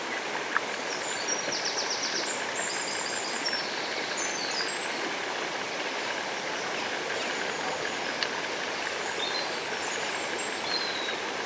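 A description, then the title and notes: Steady rushing and splashing of a shallow river runs dense and even from start to finish. The wash is bright and hissy with little low rumble. Faint high bird chirps flicker over it now and then, with a sharp tick just after the start. A sonic immersion in the River Allen, UK, one of the world's few chalk rivers.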